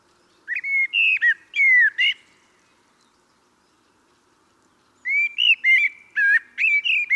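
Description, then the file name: Common blackbird with clear, mellow whistled phrases, slurred and flute-like with thin high grace notes, two bursts separated by about three seconds of quiet. "Turdus merula"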